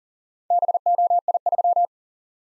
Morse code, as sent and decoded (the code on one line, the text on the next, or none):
-... --- .. ...--
BOI3